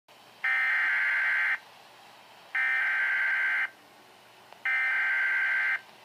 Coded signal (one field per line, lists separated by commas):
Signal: Emergency Alert System (SAME) tones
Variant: header bursts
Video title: Severe Thunderstorm Warning #7 (EAS #50) (7/13/16)